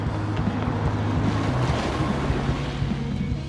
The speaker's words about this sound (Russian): Подъехала машина.